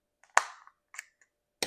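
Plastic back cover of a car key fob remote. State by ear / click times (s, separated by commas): released / 0.4 s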